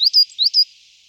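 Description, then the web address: Coal tit song, two quick high sweeping two-note phrases, thin and bright. "Sortmejse"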